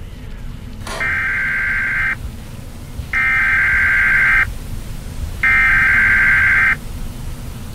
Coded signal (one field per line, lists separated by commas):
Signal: Emergency Alert System (SAME) tones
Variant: header bursts